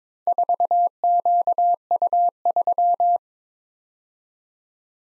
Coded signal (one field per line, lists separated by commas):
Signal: Morse code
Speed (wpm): 22 wpm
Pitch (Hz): 700 Hz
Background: none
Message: 4QU3